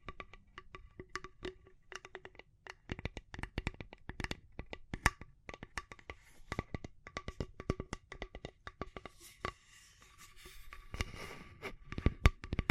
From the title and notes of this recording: ASMR Relaxing Tapping & Scratching Rode Mic Test (No Talking).